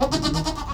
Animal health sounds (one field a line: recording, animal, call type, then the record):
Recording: contact call of a hoofed animal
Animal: goat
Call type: low-frequency (closed-mouth) or high-frequency (open-mouth) call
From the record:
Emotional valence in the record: positive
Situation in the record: food anticipation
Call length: 0.74 s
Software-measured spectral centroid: 2950 Hz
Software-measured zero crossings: 2320 a second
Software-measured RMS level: -24 dBFS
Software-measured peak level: -9 dBFS